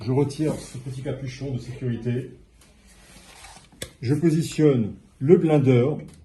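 Someone talks while a small safety cap is removed and a blender jar is positioned onto a food processor base, meant to fit into the same plastic tabs and be rotated. Between the speech there is quiet handling with a brief sharp tap near 3.8 s. The jar has not clicked or seated onto the base yet.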